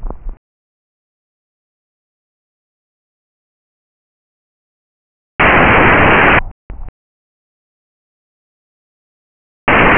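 Loud, harsh, blowing breath noise heard through a stethoscope on an adult chest comes in bursts roughly four seconds apart, separated by near-silent gaps, at about 14 breaths a minute. The finding is bronchial breathing over consolidated lung, where solid lung carries airway sounds clearly to the chest wall.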